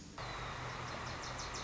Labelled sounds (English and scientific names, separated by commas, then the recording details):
Wilson's Warbler (Cardellina pusilla)
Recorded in Sonoma County, California